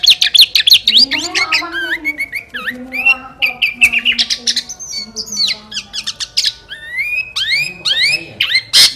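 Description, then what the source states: Sooty-headed bulbul song: dense, excited chirping and rising whistled slurs mixed with harsh squawks, in fast varied phrases. Kutilang master recording in a fierce song style called 'gaya sangar', with the voice described as thunderous ('suara halilintar').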